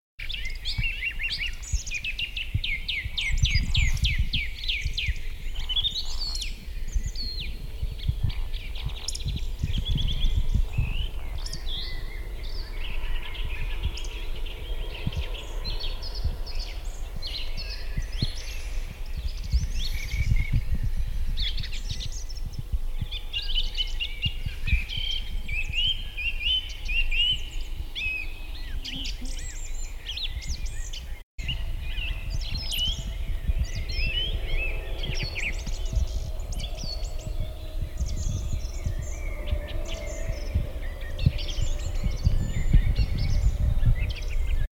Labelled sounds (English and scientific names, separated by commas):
Eurasian Woodcock (Scolopax rusticola) call